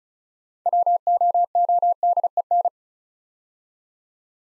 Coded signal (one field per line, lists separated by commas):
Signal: Morse code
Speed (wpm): 34 wpm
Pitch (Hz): 700 Hz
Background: none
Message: WOODEN